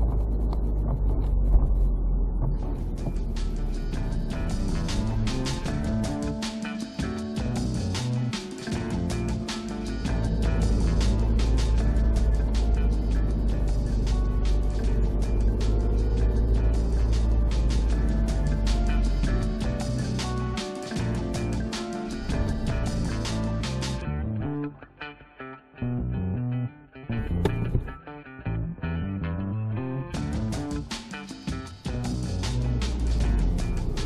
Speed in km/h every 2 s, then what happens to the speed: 24, 19, 15, 16, 20, 26, 25, 23, 24, 23, 18, 16, 11, 1, 0, 6, 14.
0-4 slows to 15. 6-10 speeds up to 26. 10-18 steady at about 24. 18-25 slows to 1. 25-28 standing. 28-34 pulls away to 14.